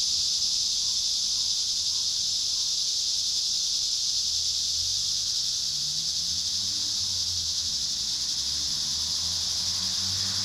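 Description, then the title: Cicadas keep up a continuous high-pitched buzz while faint low rising and falling hums sound beneath it. Cicadas at Trinity. "neoscenes: cicadas at Trinity"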